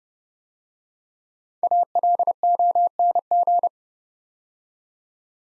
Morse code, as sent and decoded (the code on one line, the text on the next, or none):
.- .-.. --- -. --.
ALONG